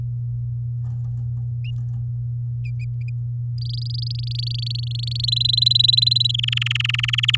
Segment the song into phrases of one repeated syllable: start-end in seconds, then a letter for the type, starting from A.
3.58-5.25 A, 5.28-6.32 B, 6.34-7.36 C